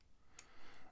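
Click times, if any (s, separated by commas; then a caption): 0.4 s. The last binding disc of an Oxford "BOSS" disc-detainer motorcycle lock is turned with a pick under heavy tension. The metal lock gives a short, sharp click at 0.4 s, and the lock is open.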